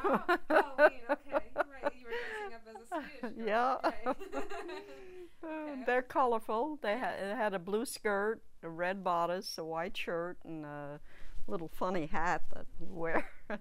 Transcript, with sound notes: Oh, Halloween. Okay. Right. You were dressing up as a Swedish girl, right. (they laugh)
Yeah. They're colorful. They, it had a blue skirt, a red bodice, a white shirt, and a little funny hat that you wear,